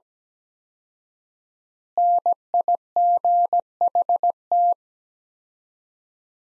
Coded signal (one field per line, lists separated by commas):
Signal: Morse code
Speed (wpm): 17 wpm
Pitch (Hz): 700 Hz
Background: none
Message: NIGHT